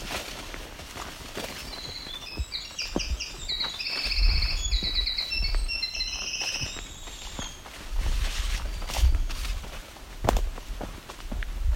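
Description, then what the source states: Winter wren song: a long, rapid, high tumbling series of trills and twittering notes, with footsteps crunching underneath. Very long song.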